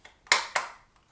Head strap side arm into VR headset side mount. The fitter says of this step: Here you go. You should really hear a click.